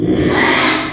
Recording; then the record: squeal of a Yucatan mini pig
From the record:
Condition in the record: after surgery on the right vocal fold (resection and tissue-engineered implant); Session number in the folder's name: 3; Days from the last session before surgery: 33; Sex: male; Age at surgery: 12 weeks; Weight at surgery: 13 kg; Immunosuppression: cyclosporine, prednisolone